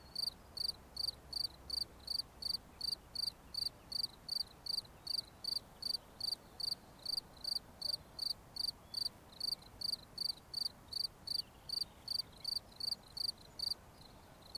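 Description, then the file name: Cricket calling with regular high-pitched chirps, each a brief pulsed burst, repeated roughly every third of a second and stopping near the end. "Grillons"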